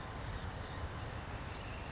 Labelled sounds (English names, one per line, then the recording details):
California Towhee
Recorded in Sonoma County, California